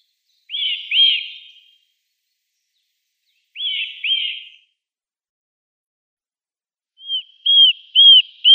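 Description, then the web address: Eurasian nuthatch giving arching whistled notes: two quick pairs a few seconds apart, then a faster run of several similar notes at the end. "Schulze Peter Eurasian Nuthatch song"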